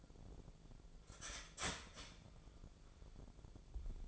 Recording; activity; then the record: daily activity, microphone in the room; start toaster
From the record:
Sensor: 5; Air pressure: 1000.3 hPa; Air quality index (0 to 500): 132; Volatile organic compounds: 2 ppm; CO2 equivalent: 1037 ppm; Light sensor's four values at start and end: 79/184/78/84 and 78/183/78/83